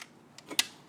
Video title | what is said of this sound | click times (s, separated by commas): HSN - Electronic Connection - E-Bikes 05.04.2025 - 06 PM | And everything just latches. You hear that click? You latch in this click right here. | 0.6 s